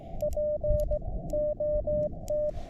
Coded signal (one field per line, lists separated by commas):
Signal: Morse code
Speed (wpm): 19 wpm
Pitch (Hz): 620 Hz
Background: radio noise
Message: POT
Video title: The Best Go-Bags for Portable Ham Radio | I test 3 Go Bags | SOTA | Prepping